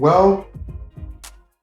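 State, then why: Partly seated. Someone talks as a pad sheet connector is pushed into the pad board of an AKAI MPC 5000 drum machine, followed by a few soft muffled bumps. A sharp, short click comes at 1.3 s, but the connector is only partly in and not fully seated.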